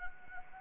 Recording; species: mosquito wingbeat signal from an infrared sensor; Anopheles gambiae